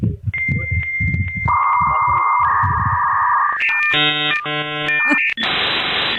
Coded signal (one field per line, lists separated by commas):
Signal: dial-up modem handshake